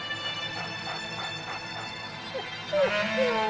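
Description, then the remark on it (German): A small dog with a bow in its hair whimpers, giving a few short, high-pitched whines that slide downward in pitch toward the end, over a steady low background hum. “Hörst du das?”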